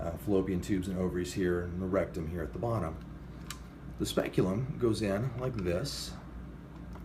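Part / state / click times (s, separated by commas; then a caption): plastic speculum ratchet locking open in a pelvic model / not seated / none. A plastic speculum is handled and inserted into an anatomical pelvic model while someone talks, with faint ticks in the background. The clip ends before the speculum's ratchet locks open, so nothing has clicked or seated yet.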